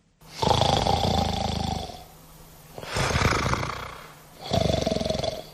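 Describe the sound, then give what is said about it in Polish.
An actor imitates loud snoring for the stage: three long, rasping, rattling snores with short quiet gaps between them, each a low throaty rumble topped by a breathy hiss. “Ale na scenie umiejętność chrapania może się przydać”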